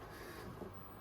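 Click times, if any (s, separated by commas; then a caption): none. A threaded plastic fitting is turned backwards in the bulkhead of a 30-litre barrel moving-bed pond filter, producing a steady plastic rubbing and grinding sound with a slightly louder scrape around 0.6 s. Nothing has clicked onto the thread start or seated yet.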